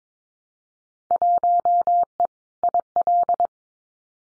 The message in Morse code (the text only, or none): 1E IL